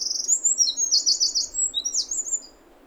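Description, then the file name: Eurasian wren song: a burst of very high, quick twittering notes and rapid trills, energetic and continuous for about two and a half seconds before fading. "Troglodytes troglodytes"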